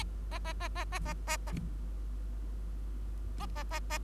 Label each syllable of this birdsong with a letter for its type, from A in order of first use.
A A A A A A A A A A A A